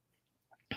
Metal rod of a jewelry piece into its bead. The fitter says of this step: snaps back in but this is really a cool with